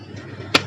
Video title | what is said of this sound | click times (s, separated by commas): Shaving My Face For The First Time-Experiment-Feathery Dreams ❤️ | amazing thing of it is they have a cap and you can hear the click sound when it gets locked. | 0.6 s